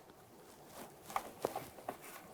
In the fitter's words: listen for a little click from that give it a nice tug to make sure it's secured you do not want an ABS light